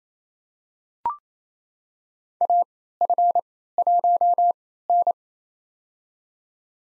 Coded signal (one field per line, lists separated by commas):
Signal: Morse code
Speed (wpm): 27 wpm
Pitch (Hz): 700 Hz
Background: none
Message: AF1N